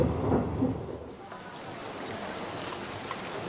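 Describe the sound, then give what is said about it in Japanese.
Steady rain falls outside a train station's ticket gates, hissing across a broad band, opening with a low rumble like thunder that fades after the first second into a continuous, even patter with faint drip ticks. “駅の改札を出ると雨が降っていた。”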